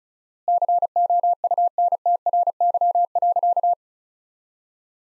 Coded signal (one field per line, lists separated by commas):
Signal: Morse code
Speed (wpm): 34 wpm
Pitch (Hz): 700 Hz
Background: none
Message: COUNTRY.